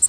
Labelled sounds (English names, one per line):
Worm-eating Warbler flight call